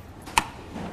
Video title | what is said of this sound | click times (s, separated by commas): CLEARVIEW Bonus 01 | just push it in and just wait for you to hear a click | 0.4 s